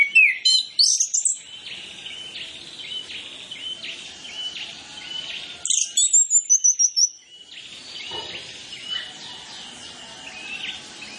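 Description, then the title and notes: Orange-headed Thrush singing rapid runs of high whistled notes, with a long descending whistle midway, between stretches of quieter twittering. Master training recording of full song with fill-in (isian) phrases, used as a lure so Orange-headed Thrushes quickly sing freely and fully (ngeplong). "Masteran Anis Kembang Full Isian Untuk Suara Pancingan Anis Kembang Agar Cepat Ngeplong. Suara Burung Anis Kembang"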